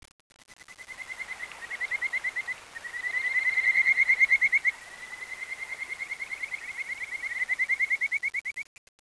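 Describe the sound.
Frog calling in long trains of rapid pulses that rise and fall in loudness, with brief pauses between trains.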